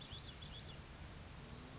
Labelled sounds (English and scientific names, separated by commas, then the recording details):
Grasshopper Sparrow (Ammodramus savannarum)
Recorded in Sonoma County, California